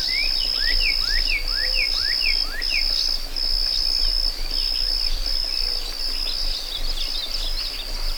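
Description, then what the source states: Cricket chirping: a nearly continuous shrill trill, while a bird repeats quick, curved whistled notes in the first few seconds. Meadow ambience with birds and crickets.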